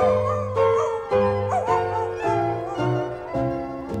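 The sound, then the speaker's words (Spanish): A dog howls and whimpers in pain from a toothache in a string of long, wavering, high-pitched cries, each one sliding into the next with a mournful, pained quality, fairly loud and with no talking. “Al perrito le duele su muela.”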